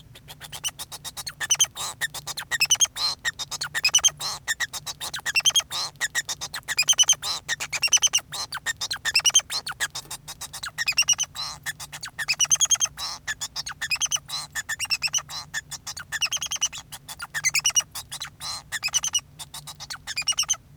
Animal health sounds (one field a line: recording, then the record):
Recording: song of a male Bengalese finch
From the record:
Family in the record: son of father 2